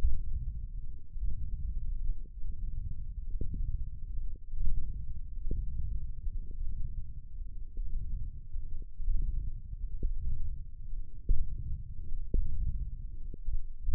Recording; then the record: forearm muscle sounds (acoustic myography)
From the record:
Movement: wrist extension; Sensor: system 1, eight BSWA MPA416 microphones around the upper forearm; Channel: 2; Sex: male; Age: 21 years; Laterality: right